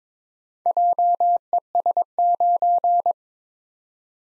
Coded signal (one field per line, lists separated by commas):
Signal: Morse code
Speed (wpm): 21 wpm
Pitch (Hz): 700 Hz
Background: none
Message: JES9